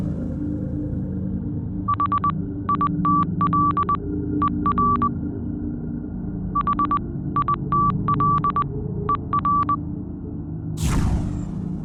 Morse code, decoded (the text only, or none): HITLER HITLER